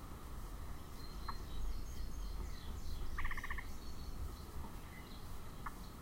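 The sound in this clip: Yellow-breasted chat producing a single harsh, buzzy chatter burst midway, with a few faint clicks, partly masked by loud low rumbling noise.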